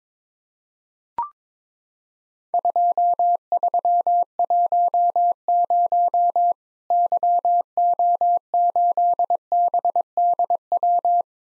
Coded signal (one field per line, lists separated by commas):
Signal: Morse code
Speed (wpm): 22 wpm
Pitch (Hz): 700 Hz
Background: none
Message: 2310 YO8BDW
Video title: Worked All Europe DX Contest QTC Exchange with Repeats 22wpm